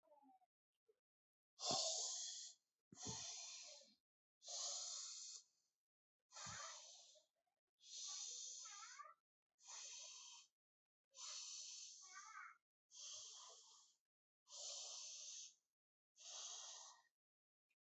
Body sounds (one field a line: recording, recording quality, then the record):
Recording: deep breathing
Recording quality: excellent, no background noise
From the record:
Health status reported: exposed to COVID-19, no respiratory illness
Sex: male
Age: 32 years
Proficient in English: yes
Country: India